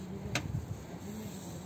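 An oil dipstick is pushed back into the engine's dipstick tube after the oil level reads OK. A single sharp click at 0.4 s marks it seating home, followed by low rumbling handling noise.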